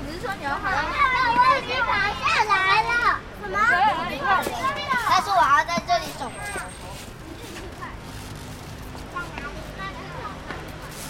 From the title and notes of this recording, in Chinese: 斯文里：耳朵限定×樹德公園半日。這片格局方正，大樹林立的老公園四週，被數間主神來自雲林一帶的宮廟圍繞。2023年末的一個晴朗冬日，耳朵星人從午前到午後，遊盪於這片公園的各個角落。